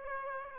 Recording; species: mosquito wingbeat signal from an infrared sensor; Aedes aegypti